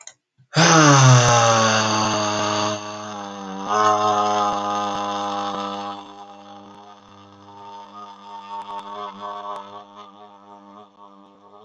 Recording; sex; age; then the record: vowel held as long as possible; male; 20 to 29 years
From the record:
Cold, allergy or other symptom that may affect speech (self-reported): no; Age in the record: 27 years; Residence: Colorado, United States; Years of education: 16